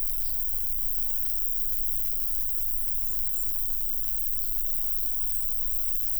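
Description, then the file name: Roesel's bush-cricket, a steady, unbroken high-pitched buzzing that carries on throughout, over a strong low rumble of background noise. Recorded 24 July 2016 at 10:20 in Buchhorst, sunny and dry weather, about 30 °C, light wind force 2 Beaufort. "160724 roebushcrick-1-S 1020 h 30 C W 40 2 BFT SUN DRY d st sw-buchhorst"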